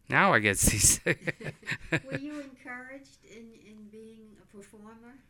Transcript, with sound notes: Now I get seasick. ( he laughs )
Were you encouraged in being a performer?